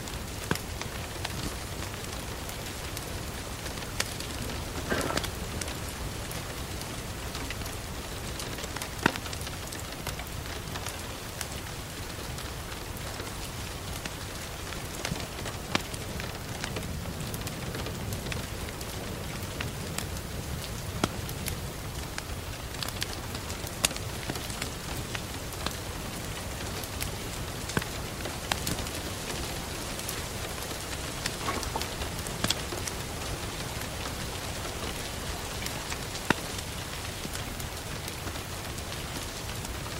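Steady rain hisses throughout with frequent small taps and pops, some sharper clicks near 9, 21 and 36 seconds, and a low rumble underneath.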